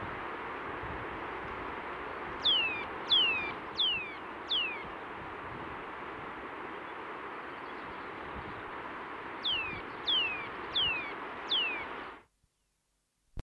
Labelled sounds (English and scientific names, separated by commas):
Eurasian Nuthatch (Sitta europaea) call